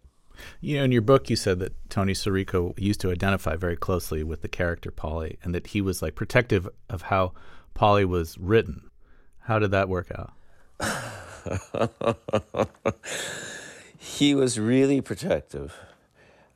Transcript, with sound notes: You know, in your book, you said that Tony Sirico, he used to identify very closely with the character Paulie and that he was, like, protective of how Paulie was written. How did that work out?
(Laughter) He was really protective.